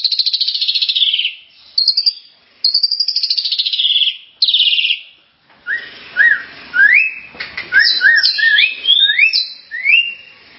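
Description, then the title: Starling song: buzzy rattling phrases first, then a run of quick rising whistles and chatter. "Kicau Burung Jalak"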